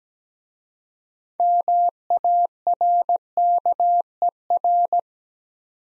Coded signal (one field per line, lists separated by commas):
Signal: Morse code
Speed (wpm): 17 wpm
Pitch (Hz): 700 Hz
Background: none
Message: MARKER